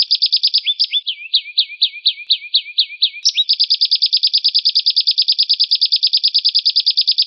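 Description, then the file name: Lovebird giving a long, fast, high chattering trill of rapidly repeated notes that shift slightly in pitch and run on without pause. Long continuous trilling, called "ngekek panjang", used for training a lovebird. "melatih lb ngekekpanjang"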